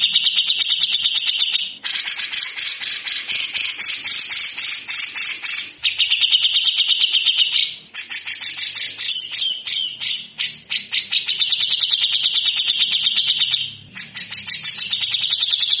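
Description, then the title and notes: Grey-cheeked bulbul pouring out coarse, scratchy rattles, nearly continuous harsh trilling with short breaks every few seconds. Grey-cheeked bulbul singing actively in a rough, harsh rattling style (besetan kasar), used for training birds. "MASTERAN CUCAK JENGGOT GACOR FULL BESETAN KASAR DURASI PANJANG. Burung cucak jenggot"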